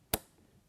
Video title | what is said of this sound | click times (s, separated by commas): Installation of SLP Single Pipe on an Arctic Cat 800 Pro-Climb Chassis | until you'll hear that click. | 0.1 s